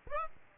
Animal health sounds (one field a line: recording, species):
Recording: mosquito wingbeat signal from an infrared sensor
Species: Aedes aegypti